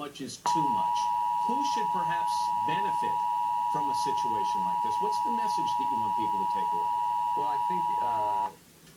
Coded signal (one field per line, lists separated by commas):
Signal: Emergency Alert System (SAME) tones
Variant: 853 and 960 Hz attention tone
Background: speech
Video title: KWWL Required Monthly Test (EAS #2)